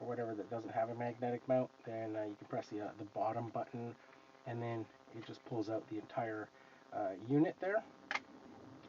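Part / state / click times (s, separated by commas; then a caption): action camera unit into its magnetic mower mount / seated / 8.1 s. Someone talks while an action camera unit, pulled out of its magnetic mower mount by pressing the release button, is put back into the magnetic mount. At 8.1 s it snaps into place with a sharp tick, seated and ready to be turned to lock.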